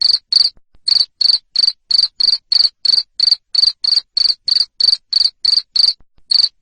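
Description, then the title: Cricket producing sharp, high-pitched chirps in a regular series near three per second, with a short break early on and another near the end. Loud cricket chirping used to stimulate lovebirds into continuous chattering song. "Suara JANGKRIK NGERIK Keras Bikin LOVEBIRD Jadi NGEKEK Terus"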